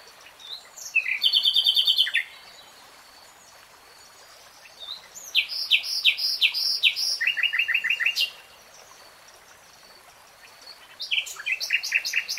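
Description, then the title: Nightingale song in separate bursts: a fast rattling trill, then a varied run of sharp repeated notes and a buzzy series, with a later phrase starting at the end. Real-time recording, not slowed. "[Tiếng chim hót] REALTIME Nightingale Singing"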